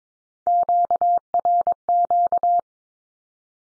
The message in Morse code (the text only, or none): QRQ